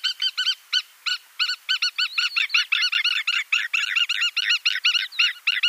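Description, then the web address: Spur-winged lapwing display calls, rapid series of sharp, metallic notes with bright overtones, delivered in quick bursts that grow denser. A pair of spur-winged plovers in display. "Schulze Peter Spur-winged Plover pair display"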